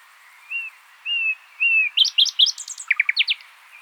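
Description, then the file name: Common nightingale song opening with three soft drawn-out whistles, then accelerating into a loud, rich series of varied chirps and throaty trills. "Luscinia megarhynchos"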